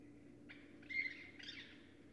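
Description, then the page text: Northern raccoon uttering three short, harsh squeals in quick succession, the middle one loudest, above a quiet low hum. Wild raccoons at night on 4 January 2012, picked up by a remotely placed recorder; raccoons often scuffle and fight as they travel their territory. "Raccoon 2012 01 04. The Northern Raccoon (Procyon lotor)"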